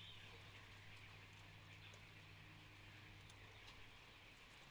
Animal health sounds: poultry house recording; healthy chickens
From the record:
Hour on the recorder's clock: 13

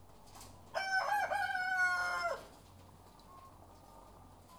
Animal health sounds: poultry house recording; sick chickens (respiratory disease)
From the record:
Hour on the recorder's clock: 13

